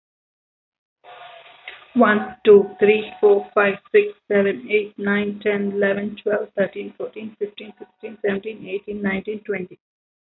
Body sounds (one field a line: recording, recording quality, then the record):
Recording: counting at a fast pace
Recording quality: moderate, slight background noise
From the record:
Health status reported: healthy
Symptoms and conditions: none ticked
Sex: female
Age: 32 years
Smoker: not ticked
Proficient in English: yes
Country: India